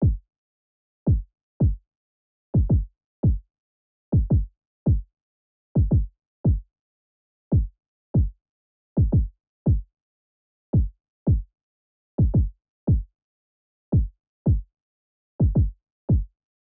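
Short, dull low-pitched heartbeat thumps repeat through silence, some close together in pairs and others single, so the spacing sounds somewhat uneven. The heartbeat runs at about 112 beats per minute, a fast rate.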